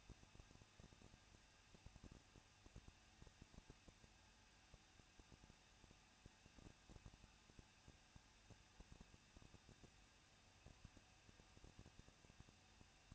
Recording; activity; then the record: daily activity, microphone in the room; no activity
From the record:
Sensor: 2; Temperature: 21.0 degrees Celsius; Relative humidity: 37.3%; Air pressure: 1006.4 hPa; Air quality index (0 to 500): 220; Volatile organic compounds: 23 ppm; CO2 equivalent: 2778 ppm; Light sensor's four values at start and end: 2/3/2/2 and 2/3/2/2